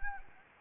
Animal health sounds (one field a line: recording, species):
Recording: mosquito wingbeat signal from an infrared sensor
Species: Anopheles gambiae